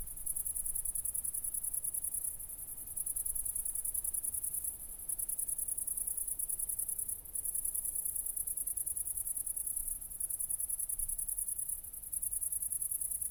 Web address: aporee City Country Me Brandenburg Kirchmoeser Nordring Grillen 201408040053 OLBIN